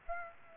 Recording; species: mosquito wingbeat signal from an infrared sensor; Aedes aegypti